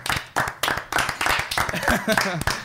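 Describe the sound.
An audience applauding: a dense, steady wash of hand claps with sharp individual slaps, joined toward the end by voices talking over the clapping.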